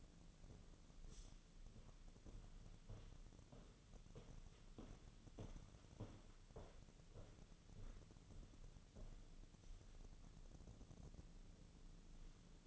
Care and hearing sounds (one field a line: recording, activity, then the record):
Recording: daily activity, microphone in the room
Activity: walk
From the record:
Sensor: 4